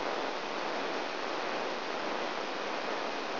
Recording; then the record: brain microelectrode recording played as sound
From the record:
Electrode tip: outside the subthalamic nucleus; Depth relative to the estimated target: 3 mm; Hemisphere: left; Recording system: AlphaMap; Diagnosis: Parkinson's disease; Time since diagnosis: 23 years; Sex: male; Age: 65 years